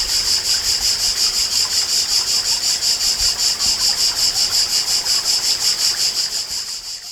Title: Sylvain Jaskowiak - Animus. Cigale grise - Mane, Alpes-de-Haute-Provence - juillet 1999